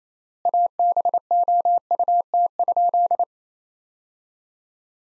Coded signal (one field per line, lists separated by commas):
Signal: Morse code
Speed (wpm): 28 wpm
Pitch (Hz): 700 Hz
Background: none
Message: ABOUT?